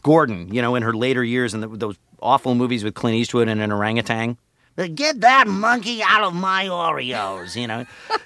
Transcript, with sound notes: Ruth Gordon, you know, in her later years in those awful movies with Clint Eastwood and an orangutan. (Impersonating Ruth Gordon) Get that monkey out of my Oreos. You know?